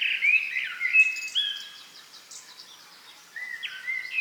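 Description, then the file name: Common blackbird giving fluted whistles with a brief scratchy flourish, then a pause before another clear whistled note begins near the end. "Turdus merula"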